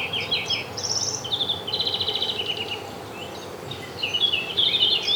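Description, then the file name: European greenfinch twittering with trilled rattles, phrases at varied pitch, a brief lull midway, then more twitters; background noise. "Chloris chloris"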